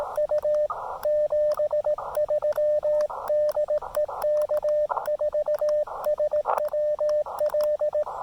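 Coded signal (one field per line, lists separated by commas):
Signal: Morse code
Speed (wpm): 18 wpm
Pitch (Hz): 590 Hz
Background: radio noise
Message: U 73 DE K4SWL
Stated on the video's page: Park activation CW on 20 meters, Elecraft KX2 with KXPD2 paddles into an MFJ-1984LP end-fed half-wave antenna; loose PL-259 connector caused some scratchiness.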